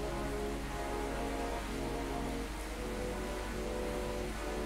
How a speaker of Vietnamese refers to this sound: Xin phép các bạn một chút, bây giờ trời bắt đầu mưa rất là to.